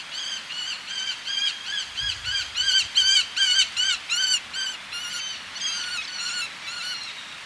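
Eleonora's falcon calls: a long series of grating, arched squeals about two per second, loudest midway, then fading slightly.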